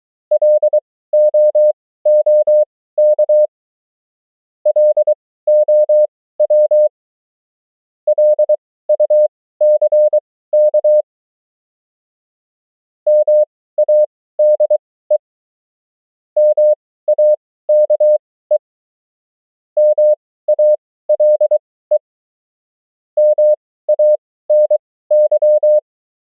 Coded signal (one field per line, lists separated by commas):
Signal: Morse code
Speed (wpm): 23 wpm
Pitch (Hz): 600 Hz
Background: none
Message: LOOK LOW LUCK MADE MAKE MALE MANY